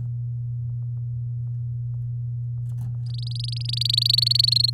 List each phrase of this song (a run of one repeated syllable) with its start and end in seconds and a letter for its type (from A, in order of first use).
3.06-4.70 A